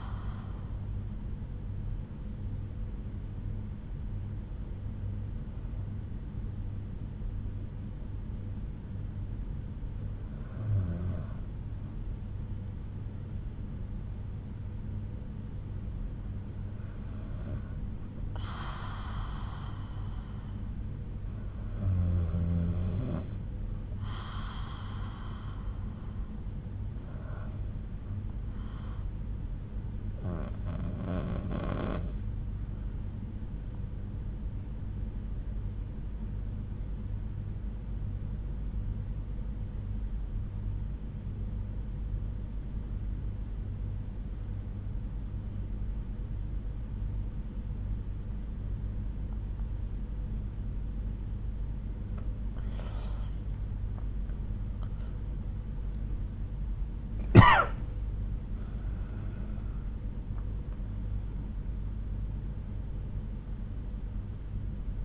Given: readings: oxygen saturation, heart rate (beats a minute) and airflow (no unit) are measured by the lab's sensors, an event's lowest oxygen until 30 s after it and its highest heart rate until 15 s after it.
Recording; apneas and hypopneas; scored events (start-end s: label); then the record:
breathing in sleep by a smartphone at the bedside; 2
5.00-35.00 s: new sleep stage, N2 (light sleep)
6.00-30.60 s: hypopnea (N2, oxygen 97% highest, then 93% lowest)
33.00-52.10 s: obstructive apnea (N2, oxygen 93% highest, then 90% lowest)
35.00-65.05 s: new sleep stage, REM sleep
From the record:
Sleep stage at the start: N1 (lightest sleep); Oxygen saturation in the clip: 91 to 97%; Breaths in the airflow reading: 10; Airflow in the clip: -7.3 to 8.7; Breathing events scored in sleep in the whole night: 368 in 8.0 hours asleep